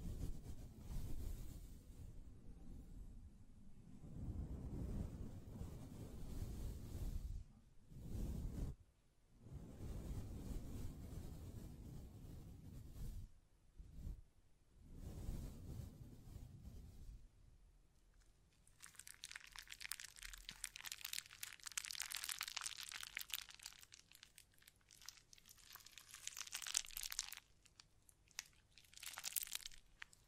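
Hand sounds and mic brushing: for the first seventeen seconds, deep rubbing swells come and go in bursts with short silent gaps. After that the low rumble drops away and dense, bright scratching takes over, crackly and crinkling, with sharp flicks and taps scattered through to the end.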